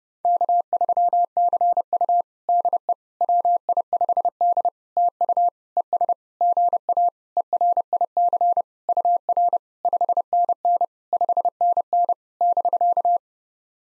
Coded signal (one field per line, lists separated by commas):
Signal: Morse code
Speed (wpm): 30 wpm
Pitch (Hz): 700 Hz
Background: none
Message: K3CU DE WI5D TU ES GA ERIC UR 5NN 5NN <BK>